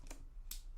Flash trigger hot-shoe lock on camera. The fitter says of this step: So instead of twisting it, you just twist it and it locks in place.